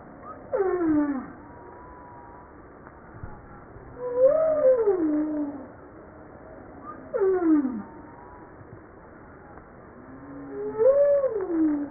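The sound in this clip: Humpback whale song units: four calls that alternate a steep harmonic downsweep with an arched rise-and-fall whoop, repeating every few seconds in a steady pattern.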